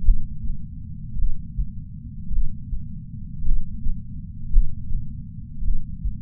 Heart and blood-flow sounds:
heart sounds by patch sensor on the chest; 54 bpm
0.02 s: heartbeat
1.15 s: heartbeat
2.29 s: heartbeat
3.43 s: heartbeat
4.50 s: heartbeat
5.61 s: heartbeat
From the record:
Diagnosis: coronary artery disease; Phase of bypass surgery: postoperative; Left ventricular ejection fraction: 51.3%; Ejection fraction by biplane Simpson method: 50.8%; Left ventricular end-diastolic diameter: 53 mm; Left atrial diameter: 44 mm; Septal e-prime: 5.6 cm/s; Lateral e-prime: 9.8 cm/s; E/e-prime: 14.5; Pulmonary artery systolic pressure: 20 mmHg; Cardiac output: 6.3 L/min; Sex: male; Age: 70 years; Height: 165 cm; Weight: 70 kg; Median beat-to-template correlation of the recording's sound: 0.86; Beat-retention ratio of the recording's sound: 1.00

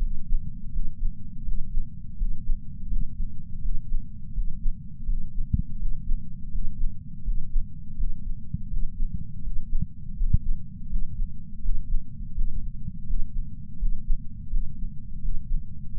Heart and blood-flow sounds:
heart sounds by patch sensor on the chest; 83 bpm
0.70 s: heartbeat
1.44 s: heartbeat
2.16 s: heartbeat
2.87 s: heartbeat
3.61 s: heartbeat
4.33 s: heartbeat
5.05 s: heartbeat
5.78 s: heartbeat
6.50 s: heartbeat
7.23 s: heartbeat
7.96 s: heartbeat
8.69 s: heartbeat
9.42 s: heartbeat
10.15 s: heartbeat
10.88 s: heartbeat
11.61 s: heartbeat
12.33 s: heartbeat
13.05 s: heartbeat
13.77 s: heartbeat
14.49 s: heartbeat
15.20 s: heartbeat
15.92 s: heartbeat
From the record:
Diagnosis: coronary artery disease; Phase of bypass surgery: postoperative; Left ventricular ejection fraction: 59.1%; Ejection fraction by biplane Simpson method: 55%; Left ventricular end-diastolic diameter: 46 mm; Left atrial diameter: 34 mm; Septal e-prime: 8 cm/s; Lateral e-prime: 6.5 cm/s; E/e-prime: 8.7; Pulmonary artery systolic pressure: 22 mmHg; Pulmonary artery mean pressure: 11 mmHg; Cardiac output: 4.38 L/min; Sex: male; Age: 58 years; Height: 160 cm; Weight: 70 kg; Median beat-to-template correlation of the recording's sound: 0.85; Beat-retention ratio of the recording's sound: 0.99

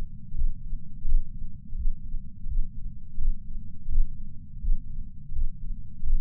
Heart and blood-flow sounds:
heart sounds by patch sensor on the chest; 84 bpm
0.34 s: heartbeat
1.05 s: heartbeat
1.75 s: heartbeat
2.47 s: heartbeat
3.18 s: heartbeat
3.88 s: heartbeat
4.59 s: heartbeat
5.32 s: heartbeat
6.03 s: heartbeat
From the record:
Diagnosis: coronary artery disease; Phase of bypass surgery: postoperative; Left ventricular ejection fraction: 60%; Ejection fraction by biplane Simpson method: 61.8%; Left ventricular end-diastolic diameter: 47 mm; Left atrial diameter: 40 mm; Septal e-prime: 4.5 cm/s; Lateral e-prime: 6.3 cm/s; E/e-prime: 20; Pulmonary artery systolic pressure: 28 mmHg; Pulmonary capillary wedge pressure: 14 mmHg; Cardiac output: 5.9 L/min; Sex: male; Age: 62 years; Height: 165 cm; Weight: 72 kg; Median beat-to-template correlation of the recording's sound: 0.87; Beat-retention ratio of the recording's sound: 1.00

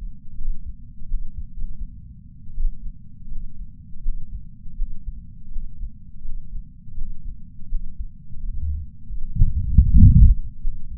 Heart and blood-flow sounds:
heart sounds by patch sensor on the chest; 82 bpm
0.37 s: heartbeat
1.07 s: heartbeat
1.56 s: heartbeat
2.54 s: heartbeat
3.28 s: heartbeat
4.01 s: heartbeat
4.75 s: heartbeat
5.49 s: heartbeat
6.22 s: heartbeat
6.95 s: heartbeat
7.68 s: heartbeat
8.41 s: heartbeat
9.14 s: heartbeat
9.87 s: heartbeat
10.60 s: heartbeat
From the record:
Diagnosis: coronary artery disease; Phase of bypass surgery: postoperative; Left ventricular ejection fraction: 39.2%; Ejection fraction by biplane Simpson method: 34.1%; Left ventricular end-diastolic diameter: 57 mm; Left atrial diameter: 41 mm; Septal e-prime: 4.9 cm/s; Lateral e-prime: 6.9 cm/s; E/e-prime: 12.9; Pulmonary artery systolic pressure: 24 mmHg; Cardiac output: 4.6 L/min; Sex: male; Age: 72 years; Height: 170 cm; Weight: 79 kg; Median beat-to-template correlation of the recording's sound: 0.87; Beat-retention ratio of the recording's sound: 0.99

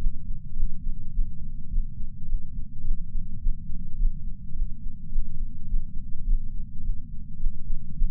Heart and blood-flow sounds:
heart sounds by patch sensor on the chest; 105 bpm
0.55 s: heartbeat
1.12 s: heartbeat
1.69 s: heartbeat
2.26 s: heartbeat
2.83 s: heartbeat
3.39 s: heartbeat
3.97 s: heartbeat
4.54 s: heartbeat
5.10 s: heartbeat
5.67 s: heartbeat
6.24 s: heartbeat
6.82 s: heartbeat
7.38 s: heartbeat
7.95 s: heartbeat
From the record:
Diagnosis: coronary artery disease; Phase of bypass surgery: postoperative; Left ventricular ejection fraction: 54.7%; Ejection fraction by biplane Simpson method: 51.3%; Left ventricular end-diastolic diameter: 46 mm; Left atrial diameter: 45 mm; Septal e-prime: 5.3 cm/s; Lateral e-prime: 7.1 cm/s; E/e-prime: 10.6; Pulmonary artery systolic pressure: 26 mmHg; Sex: male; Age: 58 years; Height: 182 cm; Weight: 89 kg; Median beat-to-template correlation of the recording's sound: 0.72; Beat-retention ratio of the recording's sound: 0.99

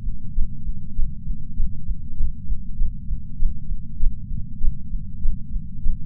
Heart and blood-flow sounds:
heart sounds by patch sensor on the chest; 88 bpm
0.32 s: heartbeat
1.19 s: heartbeat
2.14 s: heartbeat
2.76 s: heartbeat
3.36 s: heartbeat
3.96 s: heartbeat
4.58 s: heartbeat
5.18 s: heartbeat
5.80 s: heartbeat
From the record:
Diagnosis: coronary artery disease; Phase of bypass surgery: preoperative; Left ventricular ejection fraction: 60.9%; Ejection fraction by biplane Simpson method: 52.5%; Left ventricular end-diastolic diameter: 49 mm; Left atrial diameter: 38 mm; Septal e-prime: 4.5 cm/s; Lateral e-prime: 5.9 cm/s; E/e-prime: 13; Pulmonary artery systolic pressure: 21 mmHg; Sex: female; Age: 74 years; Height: 160 cm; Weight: 64 kg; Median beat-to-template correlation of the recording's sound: 0.92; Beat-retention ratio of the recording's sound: 0.97

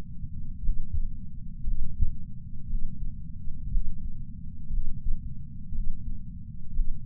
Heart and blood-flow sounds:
heart sounds by patch sensor on the chest; 59 bpm
0.60 s: heartbeat
1.62 s: heartbeat
2.65 s: heartbeat
3.68 s: heartbeat
4.68 s: heartbeat
5.70 s: heartbeat
6.71 s: heartbeat
From the record:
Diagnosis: coronary artery disease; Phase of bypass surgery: postoperative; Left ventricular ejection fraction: 61.7%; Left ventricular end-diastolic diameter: 51 mm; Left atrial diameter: 37 mm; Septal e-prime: 6.5 cm/s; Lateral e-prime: 9.2 cm/s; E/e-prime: 11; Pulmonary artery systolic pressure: 22 mmHg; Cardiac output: 4.8 L/min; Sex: male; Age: 59 years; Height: 168 cm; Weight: 81 kg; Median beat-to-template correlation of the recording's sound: 0.85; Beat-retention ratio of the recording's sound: 1.00

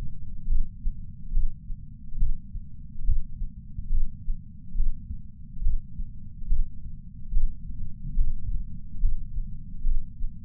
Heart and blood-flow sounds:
heart sounds by patch sensor on the chest; 70 bpm
0.48 s: heartbeat
1.34 s: heartbeat
2.18 s: heartbeat
3.06 s: heartbeat
3.90 s: heartbeat
4.76 s: heartbeat
5.62 s: heartbeat
6.48 s: heartbeat
7.34 s: heartbeat
8.17 s: heartbeat
9.01 s: heartbeat
9.84 s: heartbeat
From the record:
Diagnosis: coronary artery disease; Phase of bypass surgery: preoperative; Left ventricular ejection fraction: 58.9%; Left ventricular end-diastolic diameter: 51 mm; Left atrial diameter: 51 mm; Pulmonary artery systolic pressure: 40 mmHg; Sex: male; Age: 73 years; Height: 170 cm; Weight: 85 kg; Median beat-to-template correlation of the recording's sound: 0.81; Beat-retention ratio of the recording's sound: 0.95

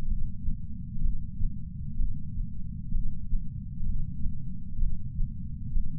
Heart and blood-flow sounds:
heart sounds by patch sensor on the chest; 64 bpm
0.08 s: heartbeat
1.01 s: heartbeat
1.97 s: heartbeat
2.92 s: heartbeat
3.86 s: heartbeat
4.79 s: heartbeat
5.73 s: heartbeat
From the record:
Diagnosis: coronary artery disease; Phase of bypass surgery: preoperative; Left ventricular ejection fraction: 60%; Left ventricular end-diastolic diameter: 47 mm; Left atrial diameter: 35 mm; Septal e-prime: 6.9 cm/s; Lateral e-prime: 9.8 cm/s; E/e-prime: 7.7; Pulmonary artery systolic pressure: 27 mmHg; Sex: male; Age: 63 years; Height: 180 cm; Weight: 65 kg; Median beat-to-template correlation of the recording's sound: 0.86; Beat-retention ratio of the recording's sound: 0.95

